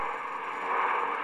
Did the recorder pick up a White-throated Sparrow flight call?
no